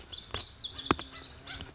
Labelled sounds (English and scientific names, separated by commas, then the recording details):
Lazuli Bunting (Passerina amoena)
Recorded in Sonoma County, California